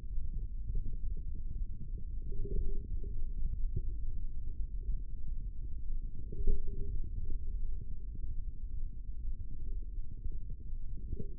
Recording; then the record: forearm muscle sounds (acoustic myography)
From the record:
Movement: hand opening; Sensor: system 3, bracelet of six PUI Audio POM-2738L microphones around the upper forearm, with dedicated amplification and filtering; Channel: 5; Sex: male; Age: 25 years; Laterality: right